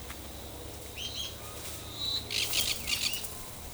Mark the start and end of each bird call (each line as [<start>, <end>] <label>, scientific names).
[0.95, 1.31] Elanoides forficatus
[2.30, 3.22] Eupsittula pertinax